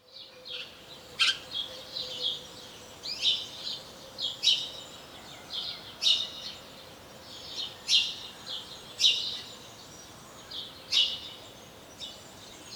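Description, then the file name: House sparrow chirping repeatedly, a series of short bright notes at uneven intervals, with soft chatter in the gaps. "Passer domesticus"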